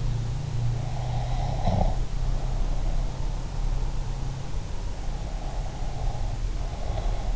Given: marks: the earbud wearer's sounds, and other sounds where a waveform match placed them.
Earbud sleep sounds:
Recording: sounds in sleep by an in-ear microphone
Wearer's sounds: breath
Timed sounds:
1.00-3.07 s: breath
5.35-7.36 s: breath

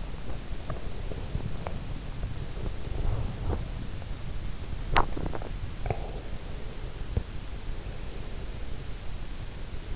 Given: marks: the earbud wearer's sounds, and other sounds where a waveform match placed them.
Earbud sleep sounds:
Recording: sounds in sleep by an in-ear microphone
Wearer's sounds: body movement, teeth grinding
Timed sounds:
0.00-5.10 s: body movement
5.10-6.70 s: teeth grinding

